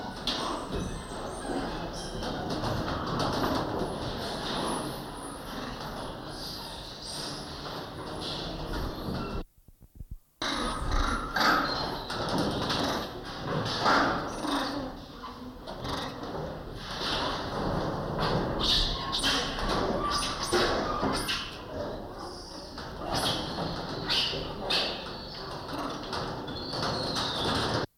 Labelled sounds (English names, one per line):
Goeldi's Marmoset call